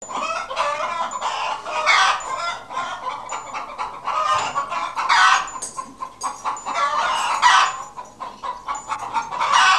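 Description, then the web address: Chickens give repeated clucks and drawn-out cackles, several birds overlapping in a busy chorus with short pauses between bursts. Chickens in a henhouse. "Huehnerstall"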